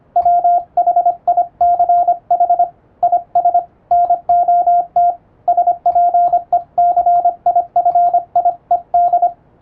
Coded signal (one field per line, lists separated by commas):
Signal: Morse code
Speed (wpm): 25 wpm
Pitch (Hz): 700 Hz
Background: radio noise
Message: WHICH IS NOT SPECIFIED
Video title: 無線電報形式の欧文モールス符号をエレキーで打ってみました！アマチュア無線の受信トレーニングにどうぞ！YouTubeの再生速度を調整して聴いてみよう(morse code practice)